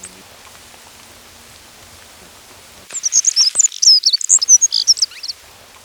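Black-throated accentor song: a single fast, high-pitched warbling phrase of jumbled, squeaky notes lasting about two and a half seconds, following a quiet stretch.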